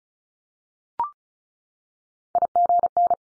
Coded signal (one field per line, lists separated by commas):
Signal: Morse code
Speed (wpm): 36 wpm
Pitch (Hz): 700 Hz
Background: none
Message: IGN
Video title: Multi-letter Phonemes 35wpm